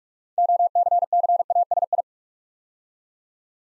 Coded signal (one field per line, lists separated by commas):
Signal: Morse code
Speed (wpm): 44 wpm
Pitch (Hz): 700 Hz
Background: none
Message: OCCASI